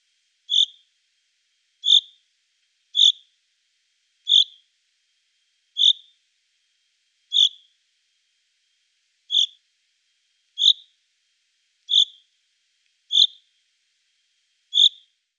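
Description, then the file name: Common chaffinch call: a single short, sharp note repeated every one to two seconds, eleven times, with silence between. "Buchfink Fringilla coelebs"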